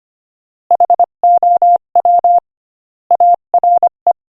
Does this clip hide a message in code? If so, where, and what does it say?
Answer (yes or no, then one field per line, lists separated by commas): yes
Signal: Morse code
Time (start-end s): 0.7-4.1 s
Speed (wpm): 24 wpm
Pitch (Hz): 700 Hz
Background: none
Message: HOW ARE